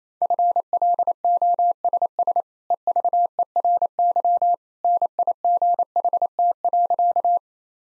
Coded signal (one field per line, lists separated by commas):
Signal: Morse code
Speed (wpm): 28 wpm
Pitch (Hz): 700 Hz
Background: none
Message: FLOSS EVERY NIGHT.